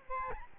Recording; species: mosquito wingbeat signal from an infrared sensor; Aedes albopictus